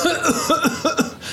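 About five short, tight, voiced cough bursts in quick succession, with no wet rattle or gurgle. An acted dry, unproductive cough.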